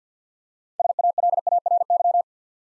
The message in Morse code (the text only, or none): SALARY